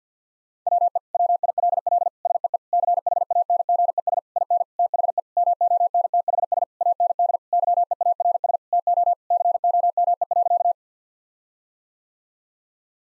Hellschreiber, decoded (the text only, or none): none